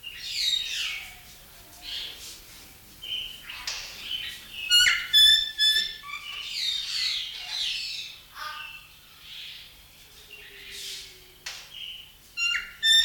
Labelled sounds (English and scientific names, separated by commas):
Golden Myna (Mino anais)